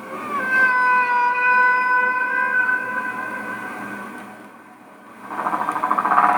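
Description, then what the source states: Humpback whale song, a sustained harmonic wail with a slight pitch bend, fading out, then a rougher pulsed burst at the end. Elaborate vocalizations of humpback whales.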